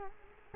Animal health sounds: mosquito wingbeat signal from an infrared sensor; Culex quinquefasciatus

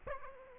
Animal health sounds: mosquito wingbeat signal from an infrared sensor; Aedes aegypti

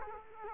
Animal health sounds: mosquito wingbeat signal from an infrared sensor; Culex quinquefasciatus

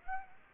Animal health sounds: mosquito wingbeat signal from an infrared sensor; Aedes aegypti

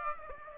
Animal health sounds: mosquito wingbeat signal from an infrared sensor; Aedes aegypti

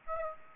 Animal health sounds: mosquito wingbeat signal from an infrared sensor; Aedes aegypti

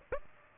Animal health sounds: mosquito wingbeat signal from an infrared sensor; Aedes aegypti

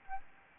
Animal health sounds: mosquito wingbeat signal from an infrared sensor; Anopheles gambiae

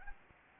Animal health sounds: mosquito wingbeat signal from an infrared sensor; Anopheles arabiensis

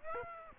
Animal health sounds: mosquito wingbeat signal from an infrared sensor; Aedes aegypti

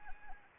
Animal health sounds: mosquito wingbeat signal from an infrared sensor; Anopheles arabiensis

